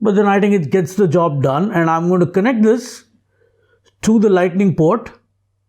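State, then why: Not seated. Someone talks while getting ready to push the Lightning connector of a SanDisk iXpand USB/Lightning flash drive into an iOS device's Lightning port, with a near-silent pause from about 3.0 to 4.0 seconds before the talking resumes. The drive is only being handled here; nothing has seated or clicked yet.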